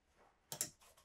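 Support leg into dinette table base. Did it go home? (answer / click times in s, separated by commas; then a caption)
yes / 0.5 s, 0.6 s. A support leg under the dinette table of a 2025 Newmar Canyon Star is unpinned at its back unlock pin, rotated down to the center, and locks into the table base to give extra support. After a quiet start, two sharp clicks come at 0.5 s and 0.6 s, followed by softer broadband rustling and a louder burst near the end. The leg is confirmed locked in place.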